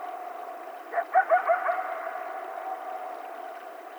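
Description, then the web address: Coyotes yipping: a single short, quick burst of several sharp yelps. More than one coyote, recorded on 12 July 2010. "Coyote 2010 07 12 Coyotes"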